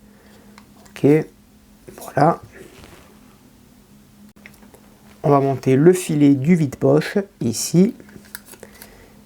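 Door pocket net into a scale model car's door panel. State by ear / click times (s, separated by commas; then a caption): seated / 8.4 s. While someone talks, the door pocket net for a 1/8 scale Citroen C4 WRC 2008 model car is lined up on its four locating pins on the plastic door panel and pressed in. A sharp plastic snap is heard at 8.4 s as the net clips into the door panel and seats.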